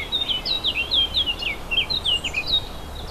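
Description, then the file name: Warbler song, a rapid run of sweet, slurred whistled notes rising and falling, several each second, continuous throughout, over a faint low rumble. Recorded 4 May 2011 on an MZ-N710 recorder. "fauvettes 4 05 11"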